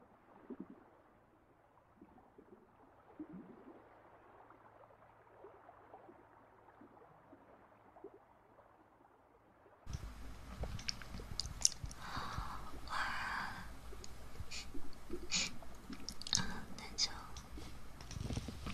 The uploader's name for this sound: Ear Massage & Mouth Sounds